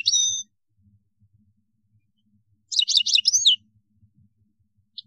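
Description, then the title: European goldfinch song: a short bright note, a pause, then a rapid cluster of liquid twittering notes. "Chant Chardonneret"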